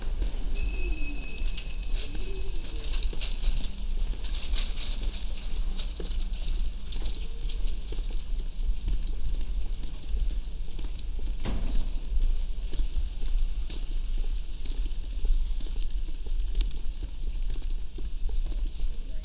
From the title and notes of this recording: Walking up Queen’s Lane and New College Lane. From High Street to Catte Street, on the left-hand side.